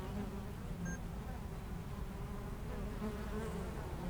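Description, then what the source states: Honey bees produce a constant low buzzing hum, individual wingbeats wavering in pitch, with almost nothing else audible. Foraging honey bees flying back and forth to flowers between two hives in a garden apiary, Aix-les-Bains, France.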